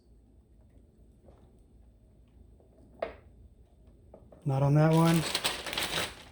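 A plastic polyseal screw cap is tightened onto a glass kombucha bottle while someone listens for the small click that means it is tight enough. Only faint handling taps and a brief sharp tick near 3.0 s are heard over quiet background before someone talks from about 4.5 s. This cap gives no click, so nothing has clicked yet.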